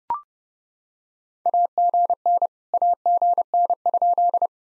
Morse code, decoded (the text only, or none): AGN AGN?